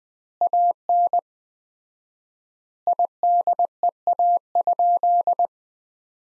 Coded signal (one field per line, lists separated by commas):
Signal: Morse code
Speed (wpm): 21 wpm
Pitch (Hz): 700 Hz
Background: none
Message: AN IDEA?